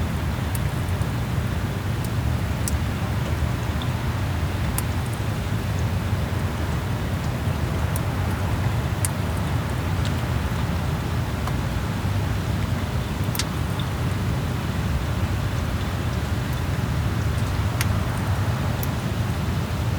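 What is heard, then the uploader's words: Light rain and soft wind make a steady, even hiss with a low rumble underneath, scattered with occasional faint ticks of drops. Light Wind - Light Rain.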